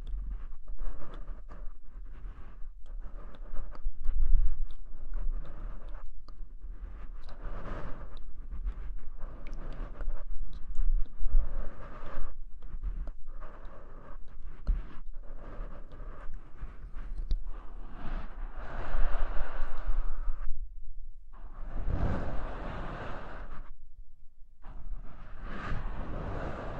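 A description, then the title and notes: Muffled whooshing and rumbling like air pushed through the inner ear, coming in uneven gusts with brief silent gaps near the end. Inner ear blowing.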